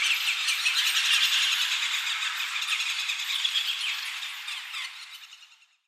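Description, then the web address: European birds in a thick chorus of overlapping chirps and trills, steady at first and then fading away to silence. Heavy ambience of close and distant European birds. "Hollywood Edge sound designer's toolkit v 2. Bird Ambience 1-Heavy Close And Distant European Birds"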